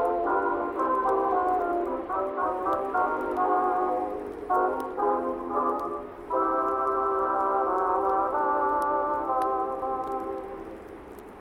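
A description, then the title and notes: Oldies music plays softly from another room, sounding muffled with little top end: sustained, shifting chords and melody notes, with brief dips near four and six seconds. Faint ticks and a low rumble sit underneath, and the music slowly fades toward the end. Oldies music playing softly from another room.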